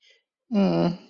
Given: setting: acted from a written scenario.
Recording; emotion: vocal sound without words; embarrassment